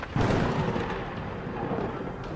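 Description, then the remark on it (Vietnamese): A loud thunderclap bursts suddenly, then rolls into a sustained, low, rumbling roar that stays strong without fading much, with no voices present. “Trong lúc kịch liệt quay cuồng, một tiếng sấm kinh thiên động địa đột nhiên nổ tung giữa mây mù phía trên.”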